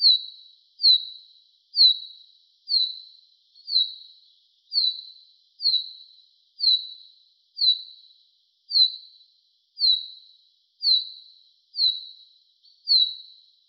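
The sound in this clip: Common chaffinch delivering a long steady run of short, high, down-sliding whistles, about one per second, fourteen in all, with little else audible.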